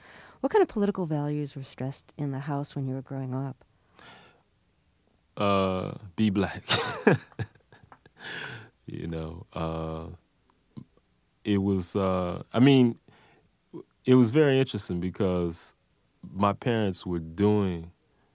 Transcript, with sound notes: What kind of political values were stressed in the house when you were growing up?
Be Black (laughter), you know? It was - I mean, it was very interesting because my parents were doing